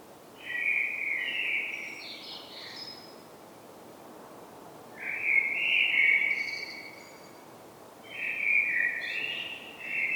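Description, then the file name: Common blackbird singing three separate low, fluty warbled phrases with thin, higher squeaky notes, separated by quiet pauses. "Turdus merula"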